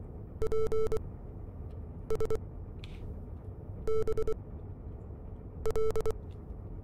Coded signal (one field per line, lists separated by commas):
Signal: Morse code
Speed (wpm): 24 wpm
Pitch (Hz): 440 Hz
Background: none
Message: PSBL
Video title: Wolfpack | Everything Radio | How to use the Radio Room